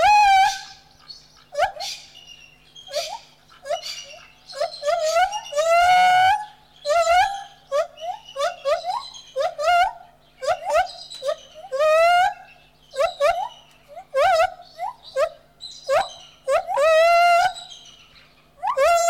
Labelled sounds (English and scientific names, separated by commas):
Lar Gibbon (Hylobates lar)